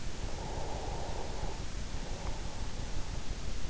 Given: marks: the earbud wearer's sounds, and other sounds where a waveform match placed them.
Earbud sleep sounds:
sounds in sleep by an in-ear microphone; breath
0.00-3.29 s: breath

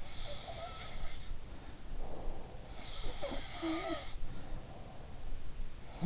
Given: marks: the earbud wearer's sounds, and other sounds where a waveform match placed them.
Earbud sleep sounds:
sounds in sleep by an in-ear microphone; breath
0.00-5.20 s: sound from someone else or the room
1.94-2.64 s: breath

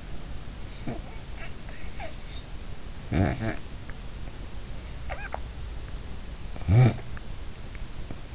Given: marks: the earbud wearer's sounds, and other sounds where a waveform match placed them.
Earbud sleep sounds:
sounds in sleep by an in-ear microphone; snoring breath, swallowing, teeth grinding
0.66-2.42 s: snoring breath
3.12-3.73 s: snoring breath
5.08-5.64 s: swallowing
6.49-7.15 s: snoring breath
8.09-8.29 s: teeth grinding

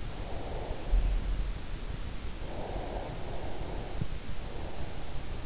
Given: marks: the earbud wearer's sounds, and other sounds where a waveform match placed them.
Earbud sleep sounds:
sounds in sleep by an in-ear microphone; breath
0.18-1.04 s: breath
2.30-4.99 s: breath

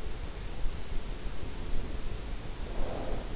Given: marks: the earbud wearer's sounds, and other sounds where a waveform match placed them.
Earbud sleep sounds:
sounds in sleep by an in-ear microphone; snoring breath
2.61-3.33 s: snoring breath

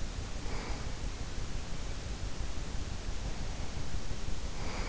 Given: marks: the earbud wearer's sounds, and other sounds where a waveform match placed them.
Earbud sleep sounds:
sounds in sleep by an in-ear microphone; breath
0.37-0.85 s: breath
3.18-4.89 s: breath

